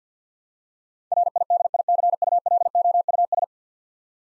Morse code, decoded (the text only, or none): RIDICULOUS